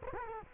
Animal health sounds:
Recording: mosquito wingbeat signal from an infrared sensor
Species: Culex quinquefasciatus

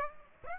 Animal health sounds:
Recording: mosquito wingbeat signal from an infrared sensor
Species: Aedes aegypti

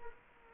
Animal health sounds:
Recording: mosquito wingbeat signal from an infrared sensor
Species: Culex quinquefasciatus

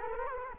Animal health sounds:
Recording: mosquito wingbeat signal from an infrared sensor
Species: Culex quinquefasciatus

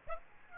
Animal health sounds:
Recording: mosquito wingbeat signal from an infrared sensor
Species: Aedes aegypti

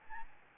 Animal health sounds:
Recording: mosquito wingbeat signal from an infrared sensor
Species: Aedes albopictus

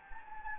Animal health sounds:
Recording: mosquito wingbeat signal from an infrared sensor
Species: Anopheles gambiae

